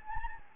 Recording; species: mosquito wingbeat signal from an infrared sensor; Anopheles gambiae